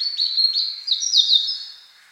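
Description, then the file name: European robin song: a short run of thin, high whistled notes sliding between pitches, with a couple of quick descending flourishes, fading out near the end. "Erithacus rubecula"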